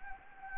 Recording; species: mosquito wingbeat signal from an infrared sensor; Anopheles gambiae